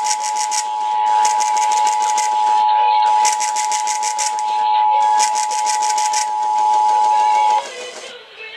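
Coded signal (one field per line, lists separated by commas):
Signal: Emergency Alert System (SAME) tones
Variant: 853 and 960 Hz attention tone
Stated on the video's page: South Carolina Required Monthly Test relayed on FM by local stations about seven minutes late, with a glitch at the start of the message.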